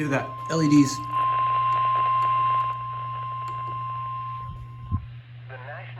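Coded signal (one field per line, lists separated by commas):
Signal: Emergency Alert System (SAME) tones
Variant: 1050 Hz attention tone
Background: speech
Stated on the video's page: Marine warning received on NOAA Weather Radio station WXK34.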